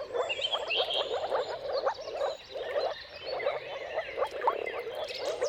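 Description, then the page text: Moor frogs call in a soft, throbbing chorus that briefly dips and swells again; a few birds chirp and whistle faintly over it. Dawn chorus of moor frogs giving mating calls at sunrise, at the turn of March and April, timing depending on the weather. "Jakub-Orzecki moor frogs. Depending on the weather at the turn of March and April, you can witness an amazing spectacle of moor frogs"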